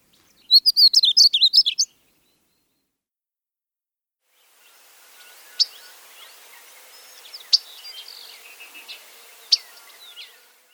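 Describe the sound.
Painted bunting song, a quick jumble of high sweet warbled notes lasting about a second and a half, then a quiet stretch with a few scattered thin chips.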